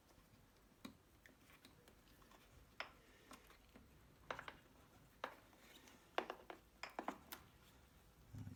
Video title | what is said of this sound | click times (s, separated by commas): Montage relai électronique de clignotant ledperf sur Honda ST1300 | En tout cas, ça se clipse bien. | 6.2 s